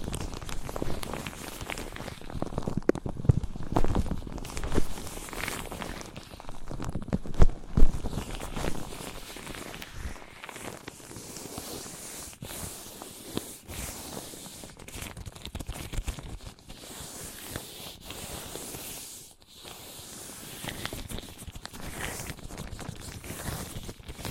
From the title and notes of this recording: ASMR Which One is MORE Tingly Wood vs Cork, Sponge vs Foam, Glass vs Plastic etc (No Talking).